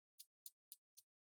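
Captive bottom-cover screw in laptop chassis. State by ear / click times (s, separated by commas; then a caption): released / 0.2 s, 0.5 s, 0.7 s. A captive Phillips screw on the plastic bottom cover of a Dell Inspiron 13 5310 laptop is unscrewed, and its C-lock retainer gives sharp, bright clicks at 0.2, 0.46 and 0.72 seconds, with a fourth similar click near 1.0 seconds. Each click disengages the screw from the C-lock, pushing the cover up to unhook it, and the screw is released.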